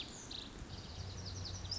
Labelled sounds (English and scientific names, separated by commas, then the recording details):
Lazuli Bunting (Passerina amoena)
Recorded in Sonoma County, California